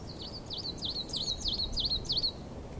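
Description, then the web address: Coal tit singing a fast series of high, bouncy two-part notes, several in quick succession, against a soft rushing background. "linnut kuusitiainen"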